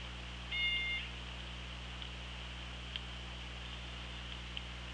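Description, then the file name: Orca call, a short harmonic-rich tone lasting about half a second near the start, then faint clicks, over constant low electrical hum and hiss. Recorded by OrcaLab hydrophone, underwater, on 24 August 2017 at 18:42:13. "Orca Lab 20170824 184213"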